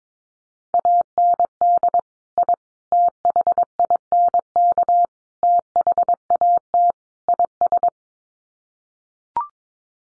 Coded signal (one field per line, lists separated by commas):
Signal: Morse code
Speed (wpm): 22 wpm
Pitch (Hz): 700 Hz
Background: none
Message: AND I THINK THAT IS